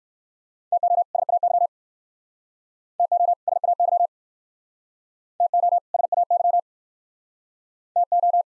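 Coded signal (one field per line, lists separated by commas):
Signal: Morse code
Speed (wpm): 55 wpm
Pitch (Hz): 700 Hz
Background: none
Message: TO SAY TO SAY TO SAY TO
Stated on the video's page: Speed-racing practice drill of two-word sets, starting at 45 wpm and slowing to a base speed, final repeat sent once at maximum speed.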